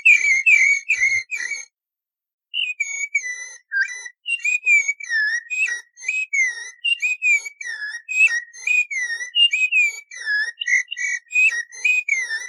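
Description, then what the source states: Rufous-bellied Thrush song of varied, rapidly delivered whistles, some rising and some falling, forming a lively continuous phrase after a short gap. Song; species of family Turdidae, representing Brazil as its national bird since 2002.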